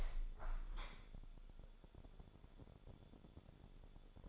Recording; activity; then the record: daily activity, microphone in the room; open window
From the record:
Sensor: 5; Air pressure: 1015.0 hPa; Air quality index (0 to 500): 94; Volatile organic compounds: 2 ppm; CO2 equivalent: 1012 ppm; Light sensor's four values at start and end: 35/80/32/31 and 35/80/32/31